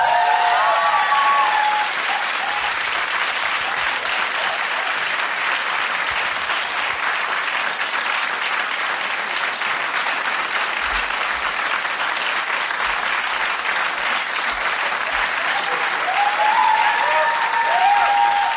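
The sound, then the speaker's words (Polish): Loud, steady audience applause for a performer and his act fills the whole stretch of nearly twenty seconds, a dense wash of clapping that never lets up, with faint cheering voices rising through it at the start and end. “Te największe brawa zostawcie właśnie dla niego i dla jego występu.”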